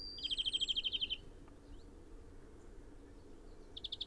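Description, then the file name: European greenfinch giving a rapid, even trill lasting about a second, then after a pause a second short trill at the end. "Chloris chloris"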